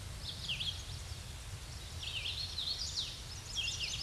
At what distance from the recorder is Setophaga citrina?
about 30 m